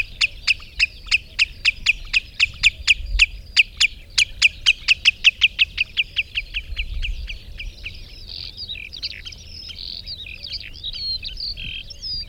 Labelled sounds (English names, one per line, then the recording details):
Common Redshank call
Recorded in the wild
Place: Lieschow, Insel Rügen, Mecklenburg-Vorpommern, DE
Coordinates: 54.433, 13.172
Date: 1975-05-25
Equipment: Nagra III BH, Sennheiser MD 21, parabola
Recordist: Schubert, Michael